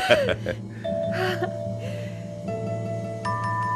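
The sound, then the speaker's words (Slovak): Metal rings hammered into the handle of a shepherd's axe jingle and ring out in bright, sustained tones, with a few fresh strikes layering new pitches over the lingering hum after a brief voice at the start. “Hľala, a do poriska si povbíjal krúžky. No, tie v tanci pekne cinkajú a vtedy...”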